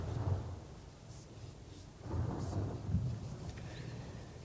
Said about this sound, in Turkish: Ah bak geçti. Yaz yağmuru. Gördün mü bak geçti işte yine.